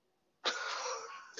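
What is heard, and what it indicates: After a brief quiet moment, one harsh cough bursts out from an adult man and trails into about a second of rough, raspy airflow. It is a single cough, part of a lingering cough that leaves the voice sounding raspy.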